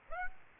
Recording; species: mosquito wingbeat signal from an infrared sensor; Aedes aegypti